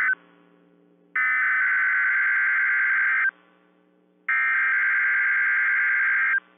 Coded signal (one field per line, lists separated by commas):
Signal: Emergency Alert System (SAME) tones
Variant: header bursts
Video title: EAS A Chilly Florida Tornado Drill NOAA Weather Radio (2022 Severe Weather Week)